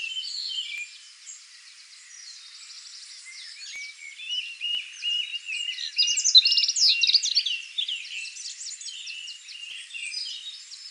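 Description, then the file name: European robin song, a long run of thin, high warbling and trilled phrases that rise and fall quickly, varied and continuous, with no other sounds clear. "Erithacus rubecula"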